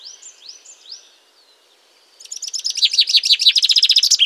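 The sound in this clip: Common chaffinch song: a few soft chirps, then after a short pause a fast, loud series of sharp notes.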